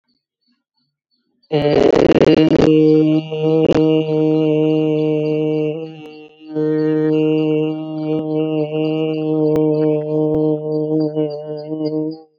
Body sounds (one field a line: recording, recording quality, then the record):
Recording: sustained vowel as in made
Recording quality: excellent, no background noise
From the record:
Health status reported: COVID-19 positive, mild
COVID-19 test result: positive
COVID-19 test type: rapid antigen test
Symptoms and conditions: cough, cold, sore throat, diabetes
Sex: female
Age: 60 years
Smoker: no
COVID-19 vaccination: both doses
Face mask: not worn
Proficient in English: yes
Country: India